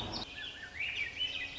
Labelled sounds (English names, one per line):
Swainson's Thrush